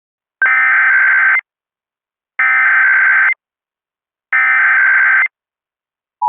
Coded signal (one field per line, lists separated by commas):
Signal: Emergency Alert System (SAME) tones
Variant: header bursts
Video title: EAS Reenactment Mock: Alaska Required Monthly Test - 03/04/2020